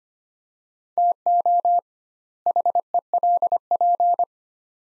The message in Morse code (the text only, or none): TO HELP